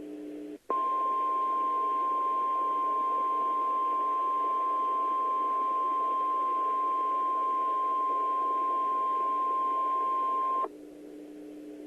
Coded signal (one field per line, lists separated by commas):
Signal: Emergency Alert System (SAME) tones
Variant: 1050 Hz attention tone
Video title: An EAS timeline of the 5/19/13 Edmond, OK Tornado